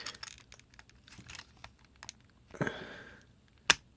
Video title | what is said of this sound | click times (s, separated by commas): Shelf Space Review: Transformers X Ghostbusters Ectotron | There we go. That was a satisfying click. | 3.7 s